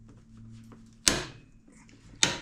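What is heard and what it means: A torque wrench on a motorcycle rear axle nut is pulled until it clicks at its set value, with sharp metallic clicks at 1.1 s and 2.2 s over a quiet background. The nut did not turn, so the axle was already tight.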